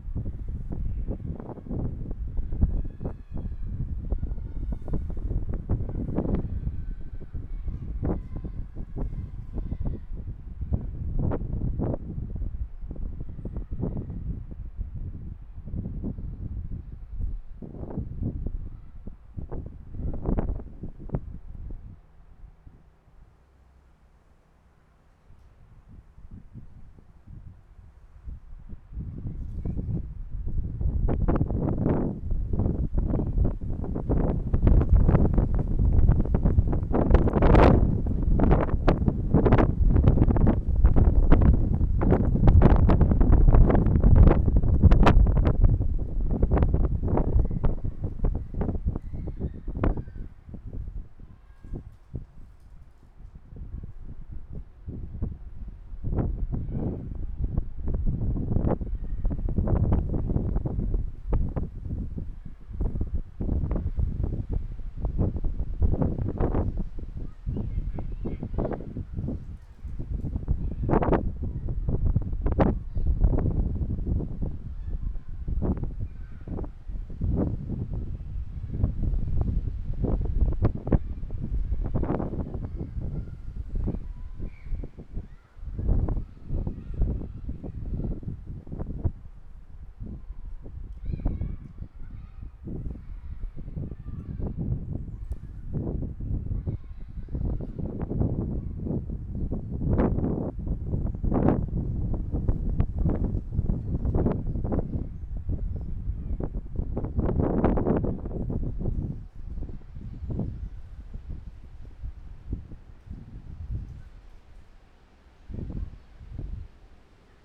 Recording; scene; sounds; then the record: everyday scene through a hearing-aid microphone; wind on the microphone; squally wind, voices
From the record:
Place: parking lot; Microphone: behind the ear, left, front